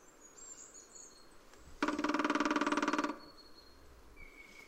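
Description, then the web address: Grey-headed woodpecker drumming: a rapid, even roll of taps lasting just over a second, with faint thin bird whistles and chirps before and after. "Hackspett. ljud graspett"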